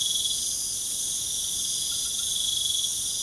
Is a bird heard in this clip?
no